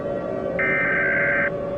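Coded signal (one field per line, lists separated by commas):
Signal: Emergency Alert System (SAME) tones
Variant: header bursts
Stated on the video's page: Fictional EAS scenario about a black plague outbreak.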